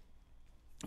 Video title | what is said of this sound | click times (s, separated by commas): French Door Window Covering Options | so when i go to close this you hear that click that means this is really locked in | 0.8 s